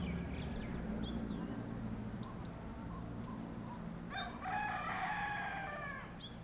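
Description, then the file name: Rooster crowing, one long banded crow in the second half, with scattered small bird calls and a constant low hum. Asian village in the afternoon, with other birds also present. "Asian Village in the Afternoon with Birds Cocks and Dogs"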